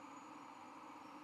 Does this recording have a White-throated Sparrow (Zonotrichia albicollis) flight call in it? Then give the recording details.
no. No flight call is heard. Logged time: 21:59 on 12 November 2014